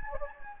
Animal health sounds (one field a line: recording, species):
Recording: mosquito wingbeat signal from an infrared sensor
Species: Anopheles gambiae